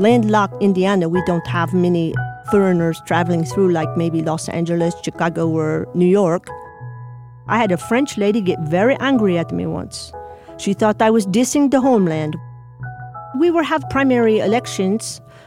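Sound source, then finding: Adult woman speaking. Foreign accent syndrome.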